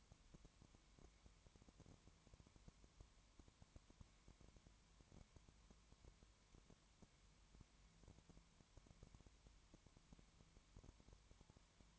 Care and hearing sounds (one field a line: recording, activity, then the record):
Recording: daily activity, microphone in the room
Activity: no activity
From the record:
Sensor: 3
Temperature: 20.1 degrees Celsius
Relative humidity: 31.4%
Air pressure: 1001.3 hPa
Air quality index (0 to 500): 74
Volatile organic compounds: 1 ppm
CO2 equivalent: 696 ppm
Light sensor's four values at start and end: 2/3/2/2 and 2/3/2/2